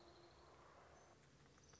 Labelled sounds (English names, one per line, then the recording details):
Orange-crowned Warbler
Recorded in Sonoma County, California